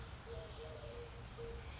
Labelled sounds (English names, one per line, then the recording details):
Eurasian Collared Dove
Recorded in Sonoma County, California